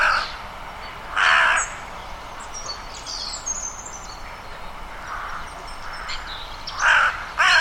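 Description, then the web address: Bird giving harsh cawing calls at irregular intervals, some louder and some softer, with faint higher chirps from other birds in the background. "Bird Only"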